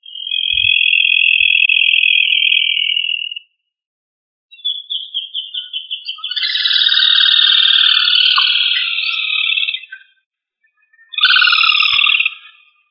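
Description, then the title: Rail giving buzzy trilled calls: a steady trill, then a pulsing rattle that swells into a harsh trill, and a final shorter burst. "Familia Rallidae"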